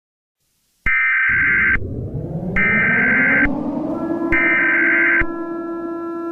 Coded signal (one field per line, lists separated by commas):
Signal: Emergency Alert System (SAME) tones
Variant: header bursts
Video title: (SUMMER SPECIAL) EAS SCENARIO - Hottest Day on Earth